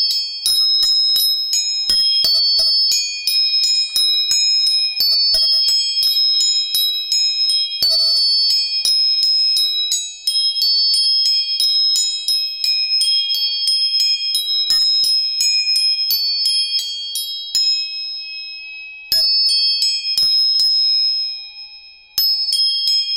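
Tuning forks are struck again and again, each tap setting off clear, high, bell-like tones that ring on and overlap into a steady shimmer. Strikes come roughly every second, with a short fade near the 19- and 22-second marks before ringing resumes.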